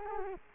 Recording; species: mosquito wingbeat signal from an infrared sensor; Culex quinquefasciatus